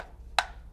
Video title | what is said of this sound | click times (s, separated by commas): Dye SE Paintball Mask - Review | and you hear it lock into place so super easy super simple lens switching on there you just | 0.4 s